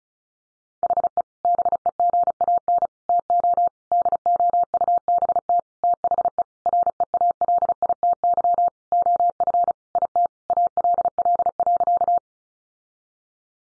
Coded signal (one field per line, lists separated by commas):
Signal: Morse code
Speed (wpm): 34 wpm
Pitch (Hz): 700 Hz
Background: none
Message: HE BEGAN TO DOUBT THE REALITY OF IT ALL.